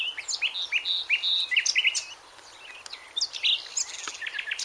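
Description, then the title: Bird song: a rapid, varied jumble of high chirps, trills and short whistled notes, pausing briefly midway, then resuming with more twittering. "LuckyPassaro Completos2Sama"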